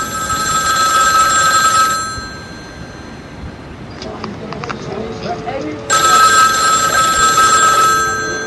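A telephone bell rings loudly in two long, rattling bursts, the first lasting about two seconds, then a quieter pause with faint clicks before the harsh ringing starts again.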